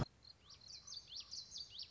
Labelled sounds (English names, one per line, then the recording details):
Common Yellowthroat
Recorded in Sonoma County, California